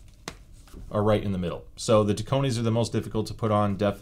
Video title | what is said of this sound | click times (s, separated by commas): Audeze Maxwell Ultimate Pad Guide! - Dekoni vs Wicked Cushions vs Deafen | this is the silk screen version I'm going to lock that one in place | 0.3 s